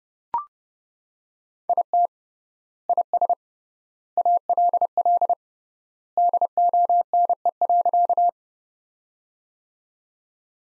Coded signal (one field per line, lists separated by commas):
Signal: Morse code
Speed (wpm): 31 wpm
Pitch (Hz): 700 Hz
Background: none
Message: IT IS ALL DONE.